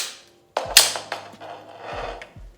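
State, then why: Seated. The metal locking pin of a Mammut avalanche probe's telescopic lock pops into place as the probe sections are extended, giving a stiff, stable probe. A short metallic click at 0.8 s stands out among brief rattling and sliding sounds of the sections before and after it, and the lock is seated.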